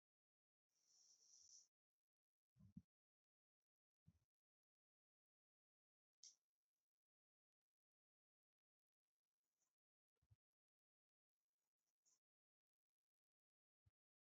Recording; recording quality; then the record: shallow breathing; excellent, no background noise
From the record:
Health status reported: healthy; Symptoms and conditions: none ticked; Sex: female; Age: 25 years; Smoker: not ticked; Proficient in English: yes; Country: India